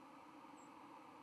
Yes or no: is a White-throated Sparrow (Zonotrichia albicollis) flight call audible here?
yes